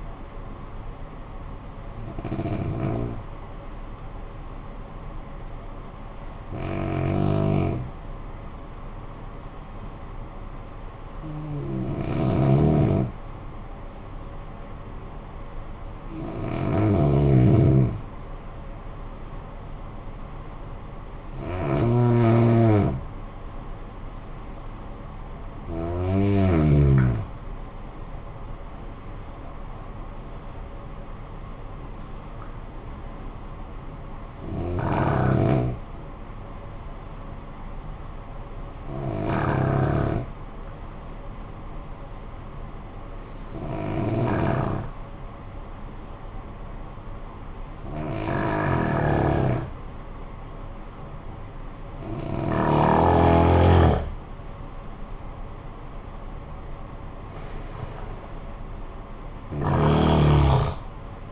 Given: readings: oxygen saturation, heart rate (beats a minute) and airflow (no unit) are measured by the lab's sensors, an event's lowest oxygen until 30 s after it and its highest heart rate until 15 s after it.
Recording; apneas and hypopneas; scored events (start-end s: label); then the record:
breathing in sleep by a smartphone at the bedside; 2
5.00-15.50 s: hypopnea (N1, oxygen 89% highest, then 88% lowest, heart rate 56 at the start, 60 highest)
32.00-53.80 s: hypopnea (N1, oxygen 94% highest, then 89% lowest, heart rate 69 at the start, 72 highest)
From the record:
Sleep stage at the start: N1 (lightest sleep); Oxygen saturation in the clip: 88 to 95%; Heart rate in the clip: 50 to 72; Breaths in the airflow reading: 14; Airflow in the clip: -13.9 to 11.8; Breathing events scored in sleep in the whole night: 445 in 7.6 hours asleep